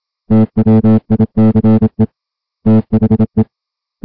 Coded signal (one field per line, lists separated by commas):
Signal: Morse code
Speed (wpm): 27 wpm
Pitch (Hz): 220 Hz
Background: music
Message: TWICE THE